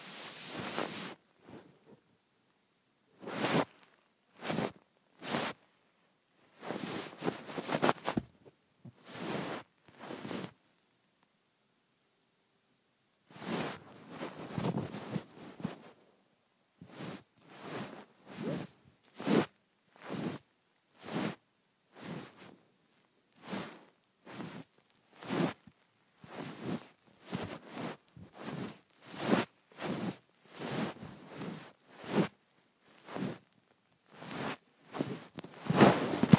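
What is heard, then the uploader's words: A phone slides across bedsheets in short, brushy swishes, sparse at first with a quiet gap near fourteen seconds, then quick and regular. ASMR Sliding my Phone on my Sheets.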